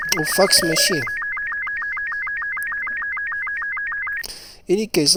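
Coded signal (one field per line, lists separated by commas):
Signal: SSTV (slow-scan television)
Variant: Robot 36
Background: speech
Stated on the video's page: SSTV image hidden in a WAV audio file for a capture-the-flag hacking challenge.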